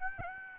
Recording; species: mosquito wingbeat signal from an infrared sensor; Aedes aegypti